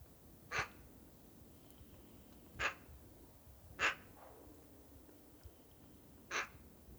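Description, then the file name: Eurasian magpie giving four separate harsh, rasping calls spread over several seconds with quiet pauses between. "Pica pica"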